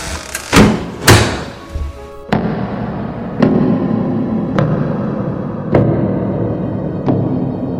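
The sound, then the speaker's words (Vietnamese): On a tape recording, a few sharp knocks, then a door shuts with a heavy thud, followed by slow, evenly spaced footsteps over a steady low hiss of blank tape running. “Chừng một phút sau, thấp thoáng nghe thấy tiếng đóng cửa và tiếng chân bước.”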